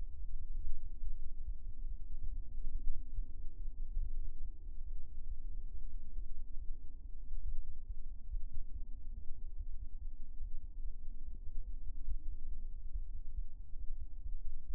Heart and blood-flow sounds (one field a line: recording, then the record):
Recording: fetal heart sounds by stethoscope on the mother's abdomen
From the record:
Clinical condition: abdominal pain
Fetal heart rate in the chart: 145 bpm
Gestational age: 36 weeks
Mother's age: 19 years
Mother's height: 153 cm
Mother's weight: 63 kg